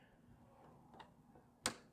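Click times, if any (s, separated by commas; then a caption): 1.7 s. A backup camera wiring connector on a 2015–2021 Ford Mustang (S550) is pushed back into its mating harness plug behind the decklid panel before the panel is installed. After a faint tick near 1.0 s, a sharp, loud click sounds at 1.7 s as the connector seats, confirming it is properly connected.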